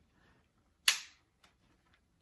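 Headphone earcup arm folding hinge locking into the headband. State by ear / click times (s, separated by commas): seated / 0.9 s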